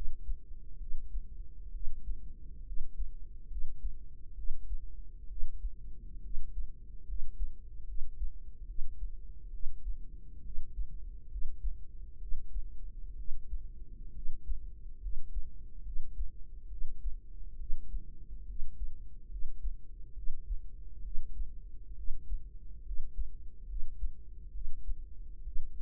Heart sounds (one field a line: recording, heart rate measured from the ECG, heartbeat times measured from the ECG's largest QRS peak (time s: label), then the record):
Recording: heart sounds by microphone in the right ear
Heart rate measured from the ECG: 68 bpm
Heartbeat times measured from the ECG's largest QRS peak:
0.77 s: heartbeat
1.70 s: heartbeat
2.63 s: heartbeat
3.47 s: heartbeat
4.34 s: heartbeat
5.26 s: heartbeat
6.20 s: heartbeat
7.04 s: heartbeat
7.84 s: heartbeat
8.65 s: heartbeat
9.49 s: heartbeat
10.41 s: heartbeat
11.27 s: heartbeat
12.17 s: heartbeat
13.14 s: heartbeat
14.11 s: heartbeat
14.98 s: heartbeat
15.82 s: heartbeat
16.67 s: heartbeat
17.56 s: heartbeat
18.44 s: heartbeat
19.27 s: heartbeat
20.13 s: heartbeat
21.01 s: heartbeat
21.94 s: heartbeat
22.82 s: heartbeat
23.65 s: heartbeat
24.50 s: heartbeat
25.42 s: heartbeat
From the record:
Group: healthy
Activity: cold pressor test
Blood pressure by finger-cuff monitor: 96/61 mmHg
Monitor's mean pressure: 72 mmHg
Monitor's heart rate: 69 bpm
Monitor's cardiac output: 5.6 L/min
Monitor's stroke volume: 80 mL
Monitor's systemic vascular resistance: 930 dyn s/cm5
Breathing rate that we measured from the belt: 15 breaths a minute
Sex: female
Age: 23 years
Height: 160 cm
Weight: 50.4 kg